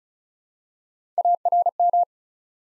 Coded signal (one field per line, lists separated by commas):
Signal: Morse code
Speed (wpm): 36 wpm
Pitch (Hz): 700 Hz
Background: none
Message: ARM